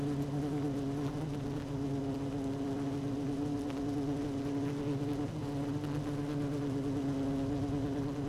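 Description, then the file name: Honey bees buzzing inside a hive, one continuous deep hum with bright overtones and faint scattered ticks above it. Hive 1 with queen bee, recorded 12 June 2018 at 16:30. "Hive 1 12 06 2018 Queen Bee H 1 audio 16 30 00"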